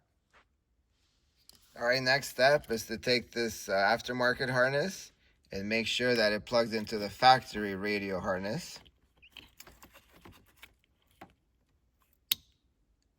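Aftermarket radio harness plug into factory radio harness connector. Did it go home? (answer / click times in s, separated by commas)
yes / 12.3 s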